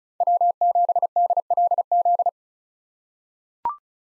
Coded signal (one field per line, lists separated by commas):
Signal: Morse code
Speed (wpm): 34 wpm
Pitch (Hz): 700 Hz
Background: none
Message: W7DLZ